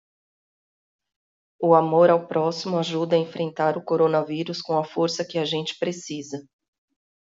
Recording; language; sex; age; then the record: spoken sentence; Brazilian Portuguese; female; 40 to 49 years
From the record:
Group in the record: control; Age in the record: 49 years